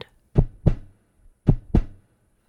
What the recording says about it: A heartbeat. That's a heartbeat. Your heartbeat is part of what's called your circulatory system. Your heart sends blood to all the different parts of your body.